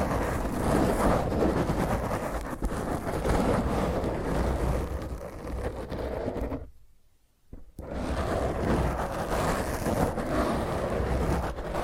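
Hand and fingernails scratch roughly and continuously against a microphone, making a dense, coarse rumble with a lot of low-end thump and gritty crackle. The scraping stays loud and steady, then drops out almost entirely for about a second near the seven-second mark before resuming just as intensely.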